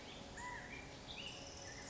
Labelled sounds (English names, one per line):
California Quail